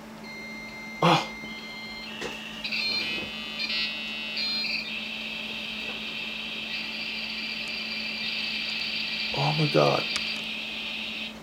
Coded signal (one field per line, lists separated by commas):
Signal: dial-up modem handshake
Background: speech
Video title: How to Create Your Own Dial-Up ISP Over Ethernet (LAN) Server - The Computer Archive